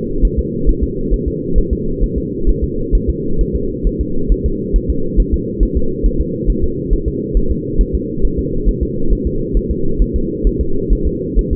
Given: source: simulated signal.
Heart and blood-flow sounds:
fetal heart sounds
0.25 s: S1
0.39 s: S2
0.69 s: S1
0.84 s: S2
1.14 s: S1
1.28 s: S2
1.58 s: S1
1.73 s: S2
2.03 s: S1
2.18 s: S2
2.49 s: S1
2.64 s: S2
2.95 s: S1
3.10 s: S2
3.41 s: S1
3.56 s: S2
3.87 s: S1
4.01 s: S2
4.32 s: S1
4.46 s: S2
4.76 s: S1
4.90 s: S2
5.20 s: S1
5.34 s: S2
5.63 s: S1
5.77 s: S2
6.06 s: S1
6.21 s: S2
6.50 s: S1
6.64 s: S2
6.93 s: S1
7.08 s: S2
7.37 s: S1
7.52 s: S2
7.81 s: S1
7.95 s: S2
8.25 s: S1
8.39 s: S2
8.69 s: S1
8.83 s: S2
9.13 s: S1
9.27 s: S2
9.57 s: S1
9.71 s: S2
10.02 s: S1
10.16 s: S2
10.47 s: S1
10.61 s: S2
10.93 s: S1
11.07 s: S2
11.39 s: S1
11.53 s: S2
From the record:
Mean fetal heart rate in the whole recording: 135 bpm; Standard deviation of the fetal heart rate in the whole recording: 3 bpm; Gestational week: 36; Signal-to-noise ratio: -8.1 dB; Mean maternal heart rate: 72 bpm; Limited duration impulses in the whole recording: absent

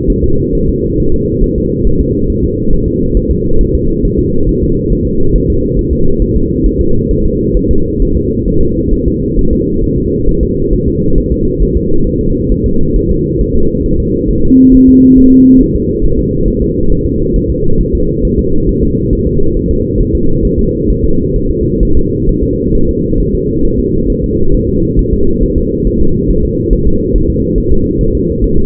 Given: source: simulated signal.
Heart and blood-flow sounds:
fetal heart sounds
0.10 s: S1
0.24 s: S2
0.55 s: S1
0.69 s: S2
1.00 s: S1
1.14 s: S2
1.44 s: S1
1.58 s: S2
1.87 s: S1
2.01 s: S2
2.30 s: S1
2.44 s: S2
2.73 s: S1
2.88 s: S2
3.17 s: S1
3.31 s: S2
3.61 s: S1
3.75 s: S2
4.05 s: S1
4.19 s: S2
4.49 s: S1
4.63 s: S2
4.92 s: S1
5.07 s: S2
5.35 s: S1
5.50 s: S2
5.79 s: S1
5.93 s: S2
6.22 s: S1
6.36 s: S2
6.66 s: S1
6.81 s: S2
7.11 s: S1
7.25 s: S2
7.57 s: S1
7.71 s: S2
8.02 s: S1
8.17 s: S2
8.48 s: S1
8.62 s: S2
8.93 s: S1
9.08 s: S2
9.39 s: S1
9.53 s: S2
9.84 s: S1
9.98 s: S2
10.29 s: S1
10.43 s: S2
10.73 s: S1
10.88 s: S2
11.18 s: S1
11.32 s: S2
11.62 s: S1
11.77 s: S2
12.07 s: S1
12.21 s: S2
12.52 s: S1
12.66 s: S2
12.96 s: S1
13.11 s: S2
13.41 s: S1
13.56 s: S2
13.86 s: S1
14.00 s: S2
14.30 s: S1
14.45 s: S2
14.74 s: S1
14.89 s: S2
15.18 s: S1
15.32 s: S2
15.61 s: S1
15.75 s: S2
16.05 s: S1
16.19 s: S2
16.48 s: S1
16.62 s: S2
16.92 s: S1
17.06 s: S2
17.36 s: S1
17.50 s: S2
17.81 s: S1
17.95 s: S2
18.25 s: S1
18.39 s: S2
18.69 s: S1
18.83 s: S2
19.13 s: S1
19.27 s: S2
19.57 s: S1
19.71 s: S2
20.00 s: S1
20.15 s: S2
20.45 s: S1
20.59 s: S2
20.90 s: S1
21.05 s: S2
21.36 s: S1
21.51 s: S2
21.83 s: S1
21.97 s: S2
22.29 s: S1
22.44 s: S2
22.75 s: S1
22.89 s: S2
23.20 s: S1
23.35 s: S2
23.65 s: S1
23.80 s: S2
24.10 s: S1
24.24 s: S2
24.55 s: S1
24.69 s: S2
24.99 s: S1
25.13 s: S2
25.43 s: S1
25.58 s: S2
25.87 s: S1
26.02 s: S2
26.30 s: S1
26.45 s: S2
26.73 s: S1
26.87 s: S2
27.16 s: S1
27.30 s: S2
27.58 s: S1
27.72 s: S2
28.01 s: S1
28.15 s: S2
28.44 s: S1
28.58 s: S2
From the record:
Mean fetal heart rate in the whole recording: 135 bpm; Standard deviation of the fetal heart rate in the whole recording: 3 bpm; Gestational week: 36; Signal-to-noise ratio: -17.7 dB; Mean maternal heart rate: 72 bpm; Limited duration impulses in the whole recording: present

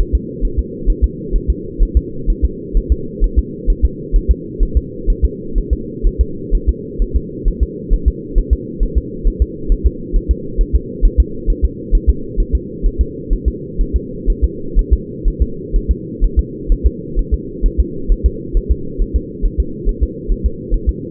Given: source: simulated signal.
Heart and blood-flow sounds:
fetal heart sounds
0.01 s: S1
0.15 s: S2
0.45 s: S1
0.59 s: S2
0.90 s: S1
1.04 s: S2
1.36 s: S1
1.50 s: S2
1.83 s: S1
1.97 s: S2
2.30 s: S1
2.45 s: S2
2.77 s: S1
2.92 s: S2
3.24 s: S1
3.39 s: S2
3.70 s: S1
3.85 s: S2
4.16 s: S1
4.31 s: S2
4.63 s: S1
4.77 s: S2
5.10 s: S1
5.25 s: S2
5.58 s: S1
5.73 s: S2
6.07 s: S1
6.21 s: S2
6.55 s: S1
6.69 s: S2
7.02 s: S1
7.16 s: S2
7.48 s: S1
7.63 s: S2
7.93 s: S1
8.08 s: S2
8.38 s: S1
8.53 s: S2
8.83 s: S1
8.98 s: S2
9.28 s: S1
9.42 s: S2
9.72 s: S1
9.87 s: S2
10.16 s: S1
10.31 s: S2
10.61 s: S1
10.75 s: S2
11.05 s: S1
11.20 s: S2
11.50 s: S1
11.65 s: S2
11.95 s: S1
12.09 s: S2
12.40 s: S1
12.55 s: S2
12.86 s: S1
13.01 s: S2
13.33 s: S1
13.48 s: S2
13.81 s: S1
13.96 s: S2
14.30 s: S1
14.44 s: S2
14.79 s: S1
14.93 s: S2
15.28 s: S1
15.42 s: S2
15.76 s: S1
15.91 s: S2
16.24 s: S1
16.39 s: S2
16.72 s: S1
16.87 s: S2
17.19 s: S1
17.34 s: S2
17.66 s: S1
17.80 s: S2
18.12 s: S1
18.26 s: S2
18.57 s: S1
18.72 s: S2
19.02 s: S1
19.16 s: S2
19.45 s: S1
19.60 s: S2
19.89 s: S1
20.03 s: S2
20.32 s: S1
20.46 s: S2
20.74 s: S1
20.89 s: S2
From the record:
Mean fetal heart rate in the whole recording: 130 bpm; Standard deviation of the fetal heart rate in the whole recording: 4 bpm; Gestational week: 38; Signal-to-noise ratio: -4.3 dB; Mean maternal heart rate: 72 bpm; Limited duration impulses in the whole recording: present

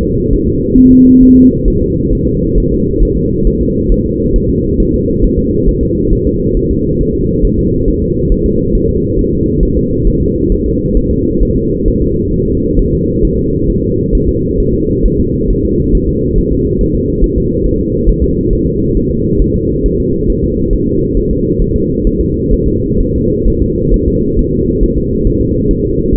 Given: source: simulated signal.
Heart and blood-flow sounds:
fetal heart sounds
0.03 s: S2
0.33 s: S1
0.47 s: S2
0.78 s: S1
0.92 s: S2
1.23 s: S1
1.37 s: S2
1.68 s: S1
1.82 s: S2
2.13 s: S1
2.27 s: S2
2.58 s: S1
2.72 s: S2
3.03 s: S1
3.17 s: S2
3.47 s: S1
3.61 s: S2
3.92 s: S1
4.06 s: S2
4.36 s: S1
4.50 s: S2
4.80 s: S1
4.94 s: S2
5.24 s: S1
5.39 s: S2
5.69 s: S1
5.83 s: S2
6.13 s: S1
6.27 s: S2
6.57 s: S1
6.71 s: S2
7.01 s: S1
7.15 s: S2
7.45 s: S1
7.59 s: S2
7.88 s: S1
8.02 s: S2
8.32 s: S1
8.46 s: S2
8.75 s: S1
8.89 s: S2
9.19 s: S1
9.33 s: S2
9.63 s: S1
9.77 s: S2
10.07 s: S1
10.22 s: S2
10.52 s: S1
10.66 s: S2
10.97 s: S1
11.11 s: S2
11.43 s: S1
11.57 s: S2
11.88 s: S1
12.02 s: S2
12.34 s: S1
12.48 s: S2
12.79 s: S1
12.93 s: S2
13.25 s: S1
13.39 s: S2
13.70 s: S1
13.84 s: S2
14.15 s: S1
14.29 s: S2
14.60 s: S1
14.74 s: S2
15.05 s: S1
15.20 s: S2
15.50 s: S1
15.65 s: S2
15.95 s: S1
16.09 s: S2
16.38 s: S1
16.52 s: S2
16.81 s: S1
16.95 s: S2
17.24 s: S1
17.38 s: S2
17.66 s: S1
17.80 s: S2
18.09 s: S1
18.24 s: S2
18.53 s: S1
18.67 s: S2
18.97 s: S1
19.11 s: S2
19.42 s: S1
19.56 s: S2
19.86 s: S1
20.00 s: S2
20.30 s: S1
20.44 s: S2
20.73 s: S1
20.88 s: S2
21.17 s: S1
21.31 s: S2
21.61 s: S1
21.76 s: S2
22.07 s: S1
22.21 s: S2
22.54 s: S1
22.68 s: S2
23.01 s: S1
23.15 s: S2
23.48 s: S1
23.62 s: S2
23.94 s: S1
24.08 s: S2
24.39 s: S1
24.53 s: S2
24.83 s: S1
24.98 s: S2
25.27 s: S1
25.41 s: S2
25.71 s: S1
25.85 s: S2
26.15 s: S1
From the record:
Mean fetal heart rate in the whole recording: 135 bpm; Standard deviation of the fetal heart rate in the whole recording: 3 bpm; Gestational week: 36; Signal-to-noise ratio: -14.7 dB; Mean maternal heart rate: 72 bpm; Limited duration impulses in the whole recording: present

